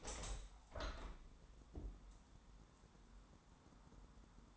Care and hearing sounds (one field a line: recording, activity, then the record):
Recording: daily activity, microphone in the room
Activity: open window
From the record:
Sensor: 3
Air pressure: 1000.4 hPa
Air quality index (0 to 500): 137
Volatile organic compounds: 2 ppm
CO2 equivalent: 1193 ppm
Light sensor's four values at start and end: 13/36/14/16 and 14/37/15/16